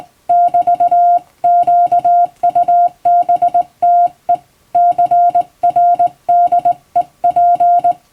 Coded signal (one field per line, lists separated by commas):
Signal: Morse code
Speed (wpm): 20 wpm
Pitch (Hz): 700 Hz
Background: music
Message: <BT>QUBTE CRDEP